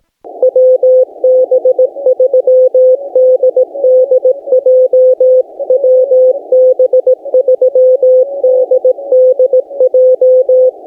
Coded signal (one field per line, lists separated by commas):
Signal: Morse code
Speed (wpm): 18 wpm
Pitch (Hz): 510 Hz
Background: none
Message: WB3DDJ WB3DDJ